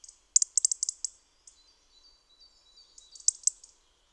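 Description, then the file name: European robin song: quick clusters of very high, sharp twittering notes, a faint thin sustained whistle between, then a second rapid high burst near the end. "Erithacus rubecula"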